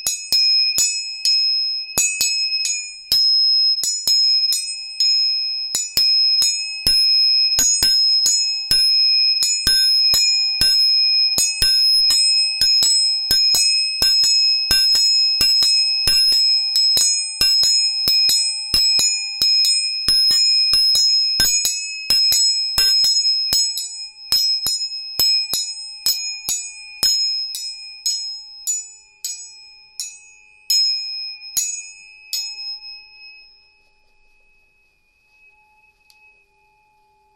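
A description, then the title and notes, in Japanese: Three tuning forks ring together, holding steady pure tones from low-mid to bright and high, while quick metallic taps strike again and again through the first half minute. The tapping thins out, and the tones fade to near silence by about 34 seconds. 音叉チューニング3本。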